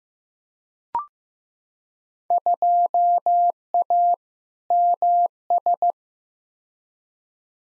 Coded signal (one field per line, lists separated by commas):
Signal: Morse code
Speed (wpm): 15 wpm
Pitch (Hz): 700 Hz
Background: none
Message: 2A MS